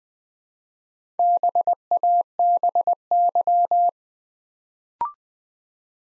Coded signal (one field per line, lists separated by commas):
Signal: Morse code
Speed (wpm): 20 wpm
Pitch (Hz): 700 Hz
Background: none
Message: BABY